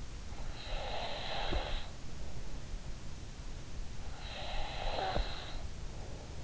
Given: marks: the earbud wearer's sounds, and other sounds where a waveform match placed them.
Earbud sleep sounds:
sounds in sleep by an in-ear microphone; breath
0.31-2.43 s: breath
3.74-5.86 s: breath

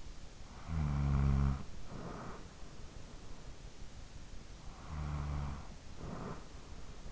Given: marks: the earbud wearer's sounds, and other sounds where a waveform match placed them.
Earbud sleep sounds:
sounds in sleep by an in-ear microphone; snoring breath
0.29-2.83 s: snoring breath
4.32-7.12 s: snoring breath

